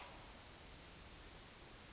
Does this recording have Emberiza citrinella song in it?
no